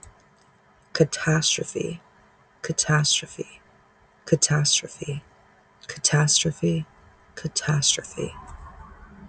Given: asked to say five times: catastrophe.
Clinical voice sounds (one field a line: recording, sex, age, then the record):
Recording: repeated word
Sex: female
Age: 30 to 39 years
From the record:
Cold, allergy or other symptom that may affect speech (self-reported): no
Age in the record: 31 years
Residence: Massachusetts, United States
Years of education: 12